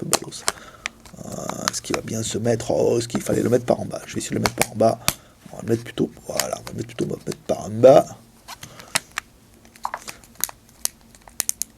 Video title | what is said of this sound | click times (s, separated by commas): Zopo 3X MT6595 ou Zopo ZP999 test video | Et là, il se clipse pas en haut. Putain. | none